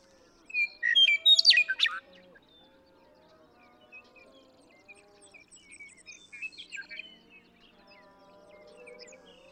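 Western meadowlark, one loud phrase of whistles breaking into a fast gurgling jumble, followed by faint scattered chirps.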